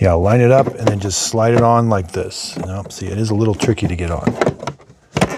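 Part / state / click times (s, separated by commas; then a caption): plastic accessory onto robot vacuum base station / seated / 5.2 s. A plastic accessory is slid onto the base station of a Mova P50 Pro Ultra robot vacuum and mop while someone talks. The first try doesn't go on, but on the second attempt it seats with a loud snap at 5.2 seconds.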